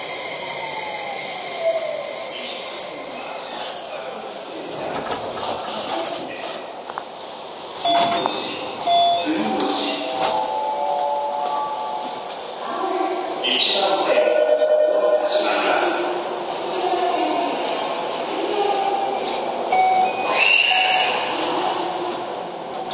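A Keio 5000 series train runs between Motoyawata and Hashimoto, with a steady rumble and rattle filling the clip. Short whistle-like and squealing tones come and go, stronger around 8–10 and 13–21 seconds, and faint voices sit underneath.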